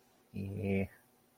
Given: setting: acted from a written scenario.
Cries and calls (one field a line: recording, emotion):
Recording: vocal sound without words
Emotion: neutral